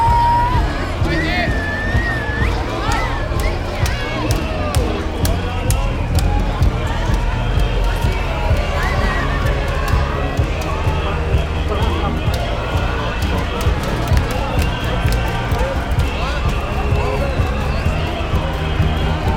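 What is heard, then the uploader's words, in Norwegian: Russ celebrations on Karl Johan: a dense crowd of many voices shouting and chattering steadily, with frequent sharp clicks and claps throughout. Lyden av russetog på Karl Johan.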